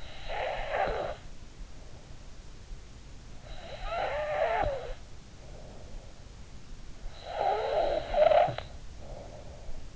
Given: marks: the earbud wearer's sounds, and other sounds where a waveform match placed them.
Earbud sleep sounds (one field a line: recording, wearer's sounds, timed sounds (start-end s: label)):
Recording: sounds in sleep by an in-ear microphone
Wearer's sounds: snoring breath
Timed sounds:
0.00-1.30 s: snoring breath
3.40-6.20 s: snoring breath
7.13-9.59 s: snoring breath